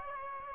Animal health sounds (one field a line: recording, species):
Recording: mosquito wingbeat signal from an infrared sensor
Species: Aedes aegypti